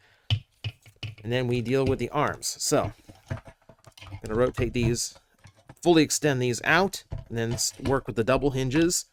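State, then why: Seated. A plastic panel on the torso of a plastic Transformers Age of the Primes Megatronus The Fallen action figure snaps back into its slot during transformation, locking into place with a sharp plastic click at 0.3 s. Smaller plastic clicks follow around 0.7 s and 1.0 s, and someone talks over quieter handling clicks.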